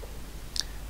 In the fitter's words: down, you can see it's now captured, and this top plate is now underneath the